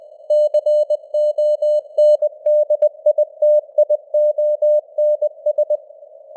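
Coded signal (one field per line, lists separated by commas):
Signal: Morse code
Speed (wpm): 20 wpm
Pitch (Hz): 600 Hz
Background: none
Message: CONDITIONS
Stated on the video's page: News headlines sent in Morse at 20 wpm with simulated radio noise and varying signal strength (QSB); an experiment.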